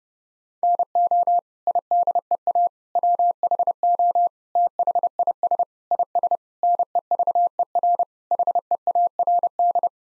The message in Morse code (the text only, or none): NO IDEA WHO THIS IS NEVER HEARD